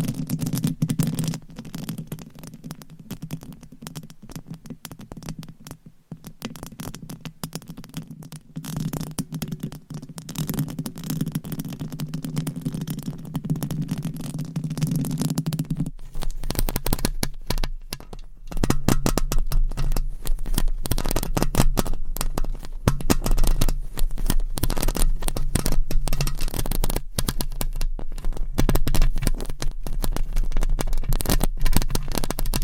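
Mic scratching fills the recording as dense, rapid crackles and rubbing, with a low hum that shifts and grows louder midway.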